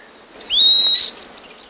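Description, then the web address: Southern beardless tyrannulet call: a single high, thin whistle held for about half a second, rising slightly, with faint background hiss. Recorded in Ecuador. "Birds of Ecuador 2. Southern Beardless Tyrannulet"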